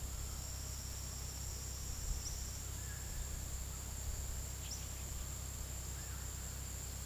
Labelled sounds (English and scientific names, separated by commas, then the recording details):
none
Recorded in pastures near Puerto Asís, Putumayo, Colombia, on 20 February 2024 at 15:00
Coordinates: 0.486, -76.323
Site G6462